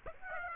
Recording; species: mosquito wingbeat signal from an infrared sensor; Aedes aegypti